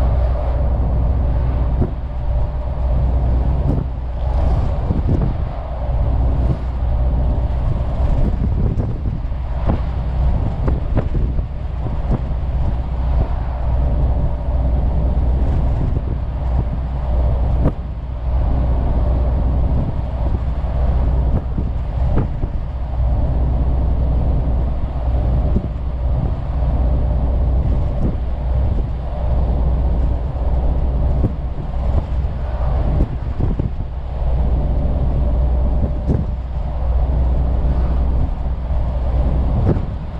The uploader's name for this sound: truck driver sound